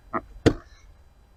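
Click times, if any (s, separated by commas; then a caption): 0.5 s. A sensor electrical connector is pushed into its socket on the air box of a Mercedes Vito W639 van engine and locked in place. A soft tick comes at about 0.2 s, then a sharp, bright click at 0.5 s as the connector seats, fading quickly into quiet.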